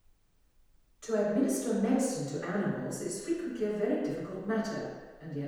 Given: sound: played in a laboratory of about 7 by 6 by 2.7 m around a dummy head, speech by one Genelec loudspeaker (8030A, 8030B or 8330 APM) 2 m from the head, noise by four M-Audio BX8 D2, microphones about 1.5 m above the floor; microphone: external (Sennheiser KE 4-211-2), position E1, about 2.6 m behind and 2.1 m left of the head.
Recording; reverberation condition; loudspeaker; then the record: female speech in English; high; in front (0 degrees)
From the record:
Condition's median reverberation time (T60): about 1300 ms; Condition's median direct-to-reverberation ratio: about -4.0 dB